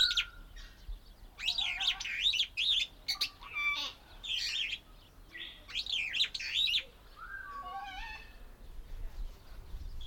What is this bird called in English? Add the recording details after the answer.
Superb Starling. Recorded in captivity. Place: Timmendorfer Strand, Holsteinische Schweiz, Schleswig-Holstein, DE. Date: 1992-09-21 14:40. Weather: sonnig, 22°C. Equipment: Marantz CP 430, Sennheiser ME 80, Kopie Tesla B 116. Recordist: Tembrock, Günter